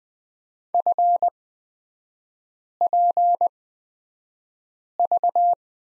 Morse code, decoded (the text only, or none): FPV